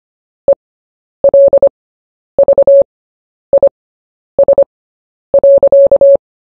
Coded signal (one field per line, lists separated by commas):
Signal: Morse code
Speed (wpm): 25 wpm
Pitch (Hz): 560 Hz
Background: none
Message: ELVIS.